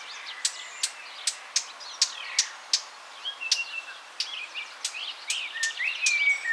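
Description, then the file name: Eurasian blackcap's sharp ticking tack calls come at irregular intervals, mixed with a jumble of scratchy, warbling notes. "Sylvia atricapilla"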